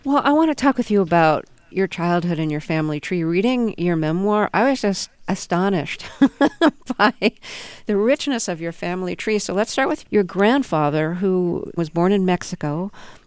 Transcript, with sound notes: Well, I want to talk with you about your childhood and your family tree. Reading your memoir, I was just astonished (laughter) by the richness of your family tree. So let's start with your grandfather who was born in Mexico and...